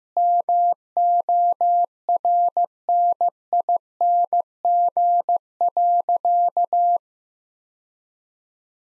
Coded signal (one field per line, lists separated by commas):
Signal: Morse code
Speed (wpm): 15 wpm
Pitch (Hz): 700 Hz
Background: none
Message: MORNING.